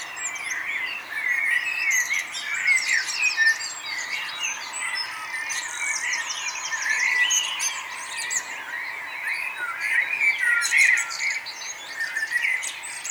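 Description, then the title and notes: Bird chorus of many singers, continuous twittering and whistled phrases with bright repeated high notes rising and falling over one another. Morning bird chorus at Nonnenhorn, 10 May 2009, 04:24. "nonnenhorn, morgenstimmung, vögel. vogelgesang, vorgelgezwitscher"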